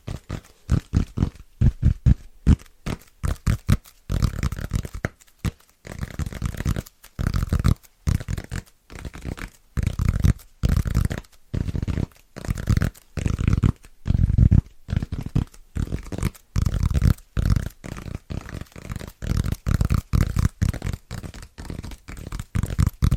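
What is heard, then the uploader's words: Fast, rhythmic tapping on fitness foam, each hit a soft, dull thud heavy in the low end with little brightness. The taps come in quick bursts and runs separated by brief gaps, continuing steadily for the whole stretch with slight shifts in loudness. ASMR Super Tingly Fast & Rhythmic Tapping On Fitness Foams (No Talking).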